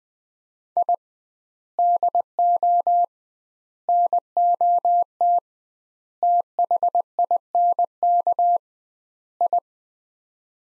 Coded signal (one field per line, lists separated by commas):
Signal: Morse code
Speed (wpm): 21 wpm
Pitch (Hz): 700 Hz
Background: none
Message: I DO NOT THINK I